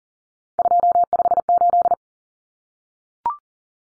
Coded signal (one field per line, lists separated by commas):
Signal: Morse code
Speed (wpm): 40 wpm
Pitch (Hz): 700 Hz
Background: none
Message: 258